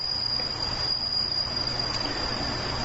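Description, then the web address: Bell cricket singing a long high trill that rings on steadily with small flutters, over a constant low hum. Bell cricket recorded with morning glories on 29 August 2015. "鈴虫さんと朝顔 H 27 8 29"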